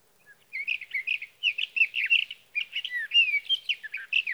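Sage thrasher pouring out a lengthy, varied warble of slurred and chirped notes with short gaps, lively and continuous.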